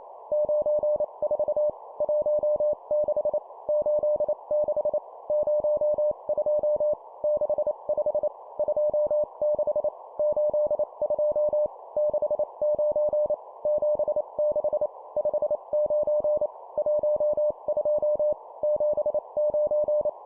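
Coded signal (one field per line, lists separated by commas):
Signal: Morse code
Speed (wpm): 28 wpm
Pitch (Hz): 600 Hz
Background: none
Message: 94 16 86 02 65 26 82 69 76 59 12 79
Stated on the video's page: Morse code course drill at 25 wpm of two number words.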